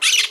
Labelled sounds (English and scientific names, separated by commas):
Brown-throated Parakeet (Eupsittula pertinax) contact call